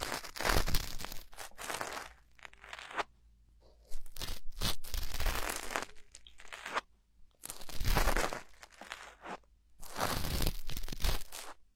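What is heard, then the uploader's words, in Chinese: Ear cleaning, with bursts of scratchy, crackling rustle as something works inside the ear. The scraping comes in irregular runs of one to two seconds, loudest around the start, near 8 seconds and after 10 seconds, separated by brief quiet gaps and softer crinkles. 掏耳朵2.0。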